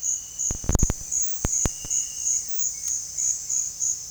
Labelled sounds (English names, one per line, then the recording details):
White-shouldered Antbird
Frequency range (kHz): White-shouldered Antbird 1.5-2.9 kHz
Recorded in dense forest near Puerto Asís, Putumayo, Colombia, on 20 February 2024 at 07:30
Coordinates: 0.485, -76.322
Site G6406